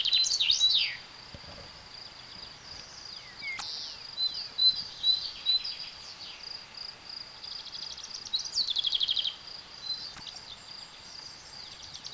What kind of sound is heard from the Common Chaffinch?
song